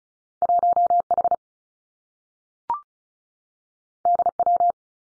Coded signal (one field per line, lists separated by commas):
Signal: Morse code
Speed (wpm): 36 wpm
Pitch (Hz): 700 Hz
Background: none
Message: 1 H D W